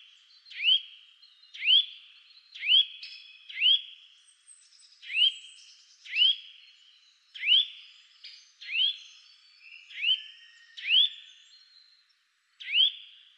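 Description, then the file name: Eurasian nuthatch calling, short upslurred whistled notes repeated roughly once a second, with fainter high chips between. "Sitta europaea"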